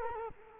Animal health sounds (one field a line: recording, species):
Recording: mosquito wingbeat signal from an infrared sensor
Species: Culex quinquefasciatus